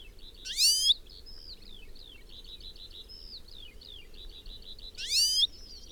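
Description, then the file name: European goldfinch calls: two loud, bright rising notes, one near the start and one near the end, over a steady high twittering of small chirps. "Carduelis carduelis"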